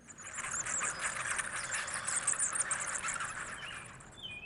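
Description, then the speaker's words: Mexican free-tailed bats giving a dense chorus of high, squeaky chirps and twitters, steady and overlapping. Bats roosting in the eaves of a library building on a university campus. "Here again is what the Mexican free-tailed bats sound like."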